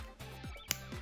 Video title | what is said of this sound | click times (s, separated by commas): EWD TIP IS NOW AVAILABLE FOR EVERYONE 🙋🙋‍♀️ - MIDFAKE BB-100 KILLER BEAFOWL UW145 EWD #beyblade | yep can you hear that it clicks I don't think the real one clicks | 0.7 s